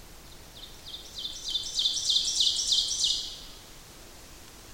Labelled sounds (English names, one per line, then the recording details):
Ovenbird song
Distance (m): 20 m
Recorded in boreal forest in Alberta, Canada, on 8 June 2016 at 08:40
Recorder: SongMeter 3, array SBT-3-9
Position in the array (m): 165 m, 150 m
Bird 35